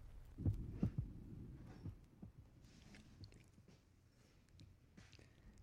A more narrowly split first heart sound is now illustrated. 22-year-old man taken at the apex during expiration. A loud physiological third heart sound is audible after the second sound.